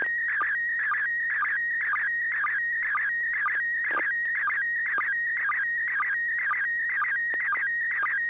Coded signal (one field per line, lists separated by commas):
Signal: SSTV (slow-scan television)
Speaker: yes uh you do have a town go right ahead okay